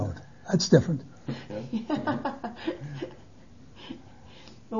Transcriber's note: laughs